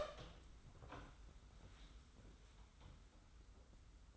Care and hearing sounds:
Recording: daily activity, microphone in the room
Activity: open door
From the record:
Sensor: 3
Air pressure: 991.6 hPa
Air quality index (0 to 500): 149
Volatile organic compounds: 495 ppm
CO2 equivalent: 4812 ppm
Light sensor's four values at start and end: 44/122/50/43 and 44/122/50/43

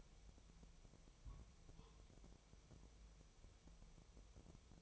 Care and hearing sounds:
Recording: daily activity, microphone in the room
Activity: place on stove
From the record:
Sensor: 1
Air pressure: 999.4 hPa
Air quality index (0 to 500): 198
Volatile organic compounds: 39 ppm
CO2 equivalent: 3132 ppm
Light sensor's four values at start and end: 9/22/8/9 and 9/22/8/9

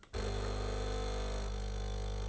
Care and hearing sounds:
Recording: daily activity, microphone in the room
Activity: make coffee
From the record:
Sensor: 4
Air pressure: 1002.9 hPa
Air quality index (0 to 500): 247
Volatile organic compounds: 20 ppm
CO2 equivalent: 2689 ppm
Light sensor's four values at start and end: 4/10/4/4 and 4/10/4/4

